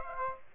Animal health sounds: mosquito wingbeat signal from an infrared sensor; Aedes aegypti

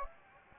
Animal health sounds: mosquito wingbeat signal from an infrared sensor; Anopheles gambiae

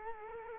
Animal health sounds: mosquito wingbeat signal from an infrared sensor; Culex quinquefasciatus

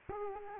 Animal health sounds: mosquito wingbeat signal from an infrared sensor; Culex quinquefasciatus

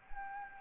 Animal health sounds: mosquito wingbeat signal from an infrared sensor; Anopheles gambiae

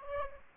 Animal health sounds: mosquito wingbeat signal from an infrared sensor; Aedes aegypti

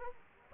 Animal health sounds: mosquito wingbeat signal from an infrared sensor; Aedes aegypti

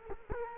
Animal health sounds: mosquito wingbeat signal from an infrared sensor; Culex quinquefasciatus

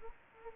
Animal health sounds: mosquito wingbeat signal from an infrared sensor; Anopheles arabiensis

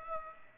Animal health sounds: mosquito wingbeat signal from an infrared sensor; Aedes aegypti

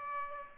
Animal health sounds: mosquito wingbeat signal from an infrared sensor; Aedes aegypti

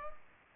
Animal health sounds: mosquito wingbeat signal from an infrared sensor; Culex pipiens

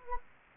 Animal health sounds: mosquito wingbeat signal from an infrared sensor; Anopheles gambiae

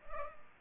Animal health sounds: mosquito wingbeat signal from an infrared sensor; Culex pipiens

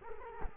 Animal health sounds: mosquito wingbeat signal from an infrared sensor; Culex quinquefasciatus

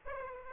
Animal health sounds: mosquito wingbeat signal from an infrared sensor; Aedes aegypti

